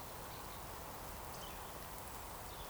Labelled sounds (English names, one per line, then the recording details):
Eurasian Woodcock whistle
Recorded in Baden-Württemberg, Germany, on 13 June 2020 at 19:53 UTC
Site 43791, 788 m above sea level